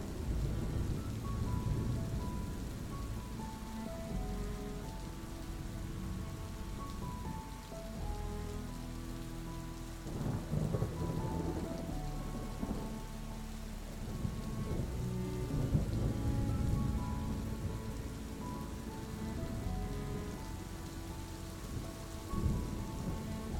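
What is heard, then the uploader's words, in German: Steady, dense rain patters throughout, joined by soft, sustained music with slow, gentle notes in the low and middle range. Low rolls of thunder swell around the ten-second mark and again near sixteen seconds, then fade back under the rain. Dem beruhigenden Klang von Regen und Donner lauschen, begleitet von sanfter Musik.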